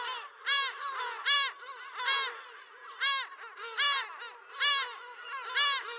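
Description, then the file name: Lesser black-backed gull giving loud, harsh, strongly harmonic yelps in a regular series about every 0.8 seconds. "Silltrut"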